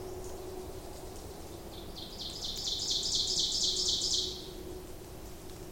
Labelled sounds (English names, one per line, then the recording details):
Ovenbird song
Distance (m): 30 m
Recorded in boreal forest in Alberta, Canada, on 26 May 2016 at 07:17
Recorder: SongMeter 3, array SBT-3-15
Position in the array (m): 41 m, 223 m
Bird 20